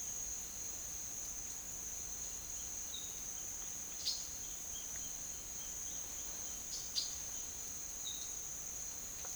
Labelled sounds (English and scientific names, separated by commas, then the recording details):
Roadside Hawk (Rupornis magnirostris), Silver-beaked Tanager (Ramphocelus carbo)
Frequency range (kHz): Roadside Hawk (Rupornis magnirostris) 2.4-4.2 kHz; Silver-beaked Tanager (Ramphocelus carbo) 2.0-6.8 kHz
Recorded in pastures near Puerto Asís, Putumayo, Colombia, on 25 June 2025 at 10:00
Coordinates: 0.502, -76.324
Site G010